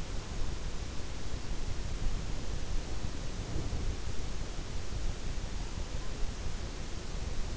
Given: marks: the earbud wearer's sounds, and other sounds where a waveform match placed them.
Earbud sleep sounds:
sounds in sleep by an in-ear microphone; breath
3.11-3.96 s: breath

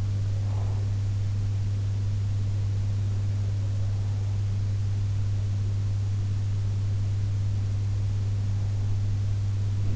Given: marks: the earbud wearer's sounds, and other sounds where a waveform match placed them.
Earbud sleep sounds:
sounds in sleep by an in-ear microphone; breath
0.00-1.08 s: breath

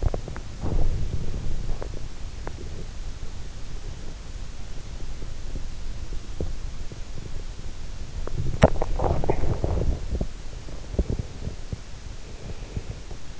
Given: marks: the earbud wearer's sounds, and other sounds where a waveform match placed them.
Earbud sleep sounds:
sounds in sleep by an in-ear microphone; teeth grinding, body movement, breath
0.00-0.42 s: teeth grinding
0.71-2.13 s: teeth grinding
2.17-3.01 s: teeth grinding
6.28-6.59 s: teeth grinding
8.09-13.26 s: body movement
12.17-13.40 s: breath

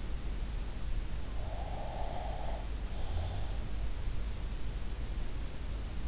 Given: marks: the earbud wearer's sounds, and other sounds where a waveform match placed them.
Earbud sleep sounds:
sounds in sleep by an in-ear microphone; breath
1.47-3.57 s: breath

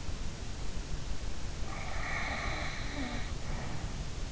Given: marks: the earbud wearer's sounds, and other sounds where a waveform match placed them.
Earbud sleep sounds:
sounds in sleep by an in-ear microphone; snoring breath
1.69-3.89 s: snoring breath

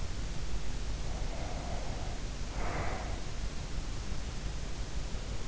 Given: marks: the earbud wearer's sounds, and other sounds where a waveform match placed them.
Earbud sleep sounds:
sounds in sleep by an in-ear microphone; breath
0.77-3.57 s: breath

